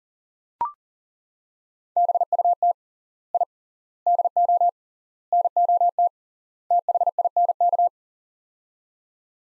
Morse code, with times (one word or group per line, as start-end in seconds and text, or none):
2.0-2.7 BUT
3.3-3.4 I
4.1-4.7 DO
5.3-6.1 NOT
6.7-7.9 THINK